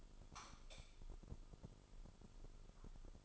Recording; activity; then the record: daily activity, microphone in the room; light off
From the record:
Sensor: 5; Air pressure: 988.5 hPa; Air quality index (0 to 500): 217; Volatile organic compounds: 117 ppm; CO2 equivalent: 3861 ppm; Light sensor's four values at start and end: 44/135/52/56 and 43/129/50/54